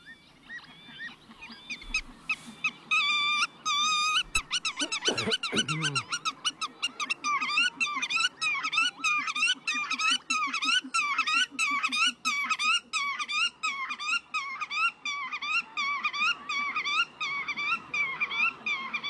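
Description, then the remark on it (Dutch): A grutto (black-tailed godwit), the national bird of the Netherlands, calls over and over in a fast, steady rhythm of loud, high, nasal repeated notes, with other birds chattering faintly underneath and a brief low thump near the start. “Nee, met deze vogel gaat het niet zo goed. En het is ook nog onze nationale vogel gekozen door een hele hoop Nederlanders.”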